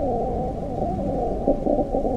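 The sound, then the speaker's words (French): A low, dense buzzing from two flies mating, the male mounted on the female as she slightly spreads her wings, hums steadily throughout, muffled and rumbling, with a couple of brief louder pulses toward the end. No voices. “Cette sorte de bourdonnement que vous entendez n'est autre que l'accouplement de nos deux mouches.”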